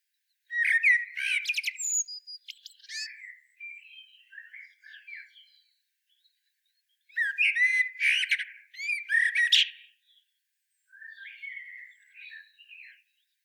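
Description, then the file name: Common blackbird singing in two bursts of quick, warbled notes with high, thin twittering, pausing between bursts, then a softer, shorter phrase at the end. "Turdus merula"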